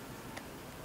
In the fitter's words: and then the Reel should snap right in place